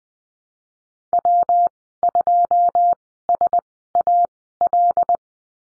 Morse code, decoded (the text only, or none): W2SAL